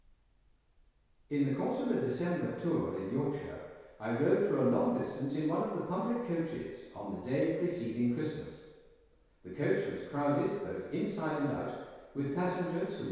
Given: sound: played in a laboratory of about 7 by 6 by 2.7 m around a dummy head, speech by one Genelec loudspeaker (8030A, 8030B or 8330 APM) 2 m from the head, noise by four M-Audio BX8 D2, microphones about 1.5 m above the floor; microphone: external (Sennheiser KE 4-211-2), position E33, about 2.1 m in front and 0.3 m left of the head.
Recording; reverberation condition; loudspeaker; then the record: male speech in English; high; 60 degrees to the left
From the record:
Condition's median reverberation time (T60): about 1300 ms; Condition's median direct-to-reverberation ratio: about -4.0 dB